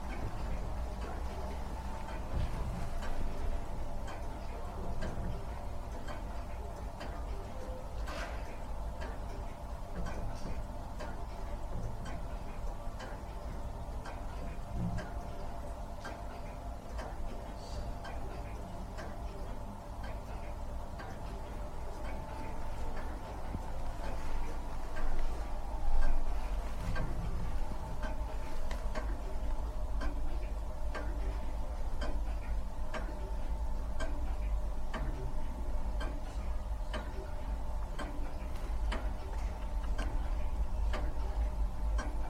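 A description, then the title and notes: Many clocks tick at once in a room full of timepieces, their overlapping beats forming a dense, steady pattern of sharp clicks. A low hum and faint murmur of voices sit underneath, with a few louder knocks around 15 and 27 seconds. Recording made of the 'Clock Room' at the Royal Albert Memorial Museum in Exeter. The room contained a variety of different timepieces from grandfather clocks and pocket-watches to more antiquated mechanisms. I moved slowly around the room to take in different combinations of ticking sounds.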